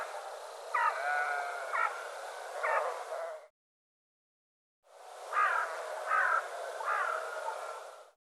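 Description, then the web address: Bird calls in two bursts, each with three harsh notes roughly a second apart, separated by a short silent gap, over hiss. "cianscape birddata Deverinetal 2025"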